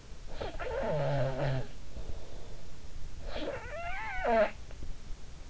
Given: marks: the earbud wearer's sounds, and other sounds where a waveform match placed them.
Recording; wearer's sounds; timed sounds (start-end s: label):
sounds in sleep by an in-ear microphone; snoring breath
0.33-2.61 s: snoring breath
3.19-4.78 s: snoring breath